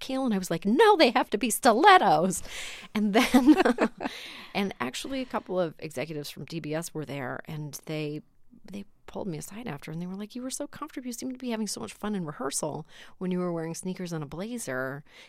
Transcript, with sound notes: And I was like, no. They have to be stilettos. And then (laughter) - and, actually, a couple of executives from TBS were there. And they pulled me aside after, and they were like, you were so comfortable - seemed to be having so much fun in rehearsal when you were wearing sneakers and a blazer,